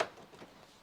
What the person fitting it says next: satisfying click.